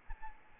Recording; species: mosquito wingbeat signal from an infrared sensor; Aedes albopictus